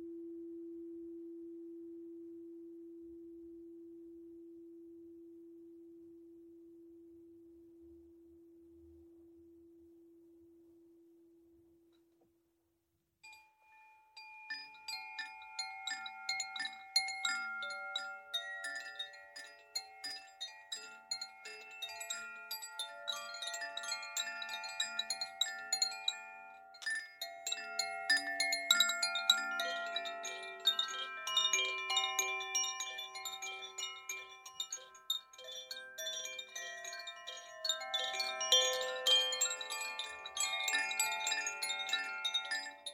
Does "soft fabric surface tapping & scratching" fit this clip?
no